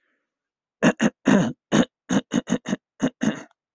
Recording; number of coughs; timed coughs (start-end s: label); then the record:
no coughing; 0
none
From the record:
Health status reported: symptomatic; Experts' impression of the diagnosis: healthy cough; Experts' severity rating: unknown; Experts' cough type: wet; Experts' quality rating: no cough present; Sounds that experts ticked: no box ticked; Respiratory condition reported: no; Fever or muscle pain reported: no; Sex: female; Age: 60 years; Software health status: healthy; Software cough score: 0.89